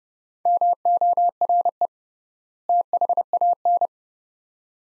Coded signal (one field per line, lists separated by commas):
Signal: Morse code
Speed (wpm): 30 wpm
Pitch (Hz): 700 Hz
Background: none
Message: MORE THAN